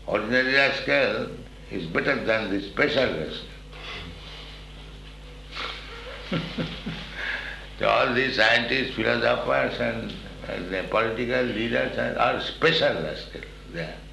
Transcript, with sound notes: Ordinary rascal is better than the special rascal. [laughs] So all these scientists, philosophers and political leaders, they're all special rascal, they are.